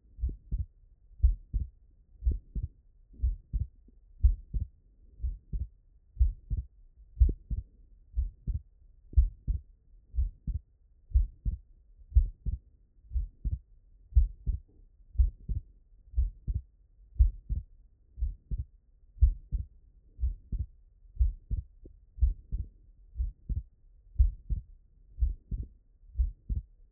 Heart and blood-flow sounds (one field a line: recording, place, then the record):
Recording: heart sounds by stethoscope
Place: tricuspid valve (TV)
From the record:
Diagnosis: non-HFrEF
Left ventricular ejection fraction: 63%